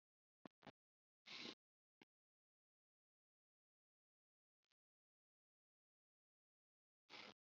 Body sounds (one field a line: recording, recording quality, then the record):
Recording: shallow breathing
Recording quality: moderate, slight background noise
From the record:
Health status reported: COVID-19 positive, mild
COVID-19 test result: positive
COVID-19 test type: RT-PCR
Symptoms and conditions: cold, sore throat, fever, hypertension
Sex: male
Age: 24 years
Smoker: no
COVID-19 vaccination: both doses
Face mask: not worn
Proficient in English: yes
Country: India